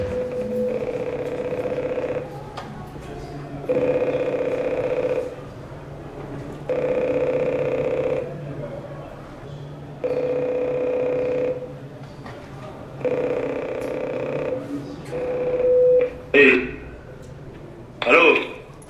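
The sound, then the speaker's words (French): A prison cell intercom being tested rings in five long, even electronic buzzes with short pauses between them, a steady mid-pitched tone over a low hum, followed by a few sharp clicks and clatters. “Bonjour, c'était pour un essai à l'interphone.”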